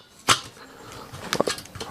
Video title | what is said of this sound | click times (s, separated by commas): Test du Weber Kettle Edition Spéciale 70 ans ! 🔥7⃣0⃣🔥 | Voilà, on entend bien les clics, | 1.3 s, 1.4 s